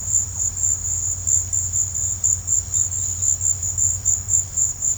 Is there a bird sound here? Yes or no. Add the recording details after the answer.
no. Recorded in pastures near Puerto Asís, Putumayo, Colombia, on 15 December 2024 at 15:30. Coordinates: 0.502, -76.324. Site G077